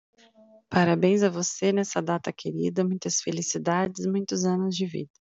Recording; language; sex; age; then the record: short text; Brazilian Portuguese; female; 30 to 39 years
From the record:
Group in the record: control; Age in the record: 34 years